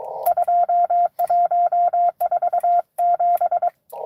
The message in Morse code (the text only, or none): 2147